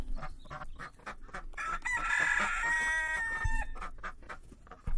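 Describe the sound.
Chicken crowing, a drawn-out harmonic crow in the middle over rapid clucking and rustling throughout, with a loud knock at the end.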